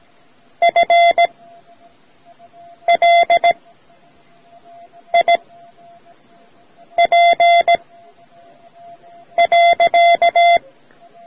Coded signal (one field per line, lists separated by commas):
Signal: Morse code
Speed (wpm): 17 wpm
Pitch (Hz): 690 Hz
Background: music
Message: FLIP.